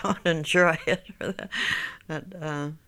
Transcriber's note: she laughs